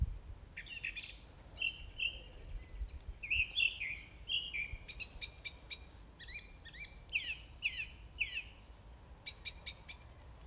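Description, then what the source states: Song thrush song made of short phrases, each repeated two to four times: whistled notes, ringing double notes and buzzy chirps over soft background hiss. Recorded on 4 May 2021 at 20:35.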